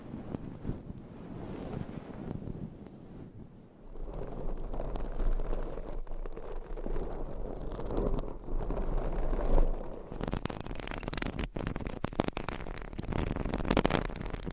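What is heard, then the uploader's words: Dense scratching and rubbing with quick taps, shifting texture every few seconds, growing louder and brighter after four seconds, with a low rumble underneath. Changing Triggers Every Few Seconds Scratching , Tapping , Massage & More No Talking.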